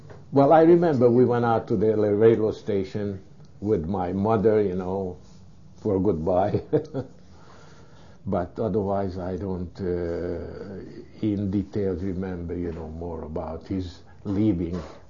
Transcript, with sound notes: Well, I remember we went out to the railroad station with my mother, you know, for a goodbye. (He laughs.) But otherwise I don't, uh, in details, remember more about his leaving.